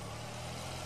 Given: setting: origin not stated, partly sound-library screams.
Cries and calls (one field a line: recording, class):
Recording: one-second piece from a danger detection set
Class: normal situation